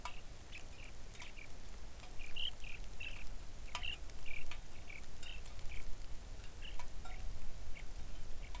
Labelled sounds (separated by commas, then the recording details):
songbird, rain
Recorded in the Arctic National Wildlife Refuge, Alaska, on 3 August 2019 at 05:58
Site 41